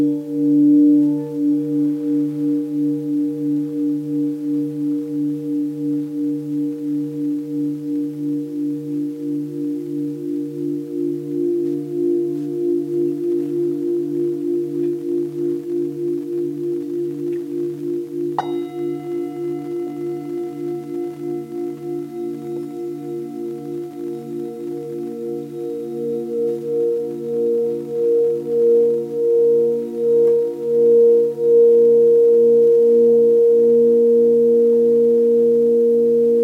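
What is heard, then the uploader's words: Tibetan singing bowls hum in a long sustained drone, their tones pulsing in slow, even waves. Around eighteen seconds a second bowl is struck, adding a brighter ringing layer that swells and throbs through the rest of the clip. Tibetan Singing Bowls.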